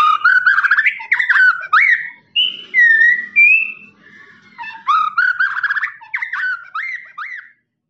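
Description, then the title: Lovebird song: quick upslurred chirps in rattling runs, a few clear whistled notes midway, then more fast chattering phrases. Lovebird's long ngekek trill, master recording used for training birds. "FULL DURASI MASTERAN LOVEBIRD NGEKEK PANJANG"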